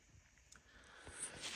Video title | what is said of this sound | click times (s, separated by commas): Keurig K921 not powering on, How to drill access hole fix for future resets | You'll hear a little click when it goes | 0.5 s